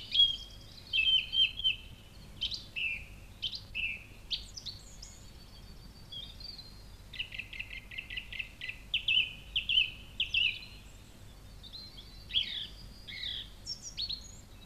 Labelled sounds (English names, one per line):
Song Thrush song